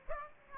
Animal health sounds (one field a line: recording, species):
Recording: mosquito wingbeat signal from an infrared sensor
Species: Aedes aegypti